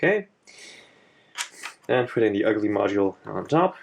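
A second SO-DIMM RAM module is handled over the upper memory slot on the motherboard of a Mid 2010 Mac Mini Server while someone talks. Brief handling rustles and scrapes are heard around 1.4 to 1.7 seconds between the speech. Nothing has seated or clicked yet; the module is not home by the end of the clip.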